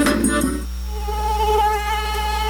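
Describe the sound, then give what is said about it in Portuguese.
A mosquito that carries dengue, zika and chikungunya makes a thin, steady buzzing whine with a slightly wavering pitch that drones on for about two seconds, following a brief jumble of other sound at the very start. “Não deixa o mosquito da dengue, zika e chikungunya tocar na playlist do seu dia a dia.”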